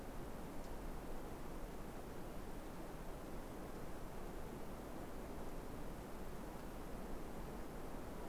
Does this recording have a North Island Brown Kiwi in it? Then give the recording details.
no. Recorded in New Zealand on 3 December 2015. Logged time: 00:13. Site BZ73